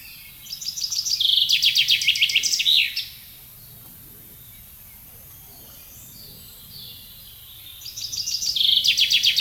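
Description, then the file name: Common chaffinch song, a cascading series of bright notes ending in a flourish, repeated several seconds later, with soft background birdsong and low rumble. "Fringilla coelebs"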